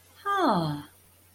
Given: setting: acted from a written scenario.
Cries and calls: vocal sound without words; realization

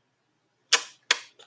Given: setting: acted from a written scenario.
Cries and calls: vocal sound without words; disappointment

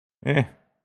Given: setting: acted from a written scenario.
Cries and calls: vocal sound without words; neutral

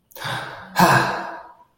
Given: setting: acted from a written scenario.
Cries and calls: vocal sound without words; pride

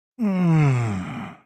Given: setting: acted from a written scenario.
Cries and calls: vocal sound without words; desire

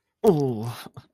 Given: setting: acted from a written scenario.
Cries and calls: vocal sound without words; fear

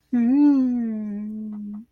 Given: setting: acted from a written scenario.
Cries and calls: vocal sound without words; guilt

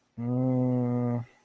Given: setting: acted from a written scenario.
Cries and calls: vocal sound without words; confusion

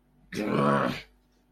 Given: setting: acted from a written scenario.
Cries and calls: vocal sound without words; anger

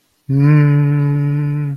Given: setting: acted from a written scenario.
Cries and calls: vocal sound without words; confusion

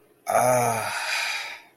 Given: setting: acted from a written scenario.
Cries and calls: vocal sound without words; ecstasy

